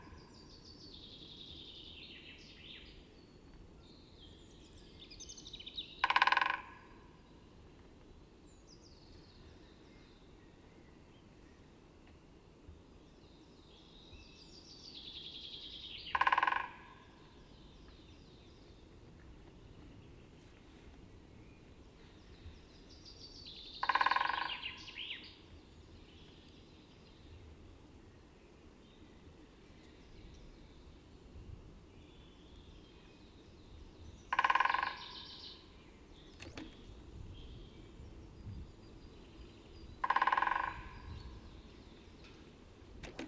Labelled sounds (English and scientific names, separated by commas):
Great Spotted Woodpecker (Dendrocopos major) drumming